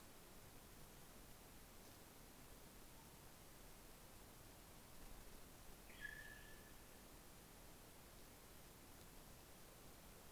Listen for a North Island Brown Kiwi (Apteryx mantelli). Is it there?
no